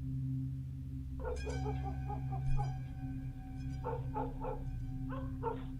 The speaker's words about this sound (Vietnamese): Mỗi bước đi của ngài tỏa ra âm khí mù mịt, lâu lâu lại văng vẳng nghe tiếng chó sủa nhặng cả lên ở dọc đường.